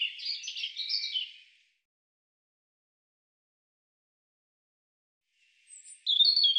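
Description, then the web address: European robin song: a short burst of high, crackling twitter, four seconds of silence, then a faint lead-in and a new bright, high phrase starting. "cianscape birddata Deverinetal Bird Er Ru"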